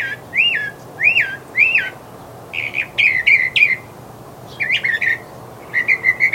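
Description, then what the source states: Northern Mockingbird song: a clear, arching whistled phrase given three times, followed by sets of sharper, chattering phrases, each repeated several times. Recorded by Ron Batie for the Macaulay Library; the species mimics other songbirds, and each phrase of its complex song is usually repeated three to five times.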